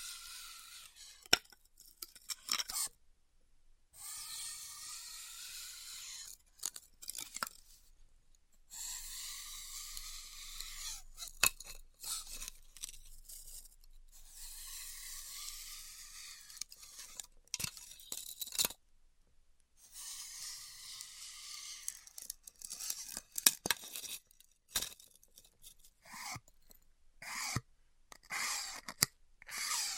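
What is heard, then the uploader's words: A hot wire cuts styrofoam in hissing, sizzling strokes of a few seconds each, with a faint bending whine, short pauses and sharp clicks. ASMR Styrofoam Heat Cutting (No Talking).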